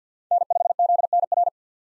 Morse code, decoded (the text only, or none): N5ZNR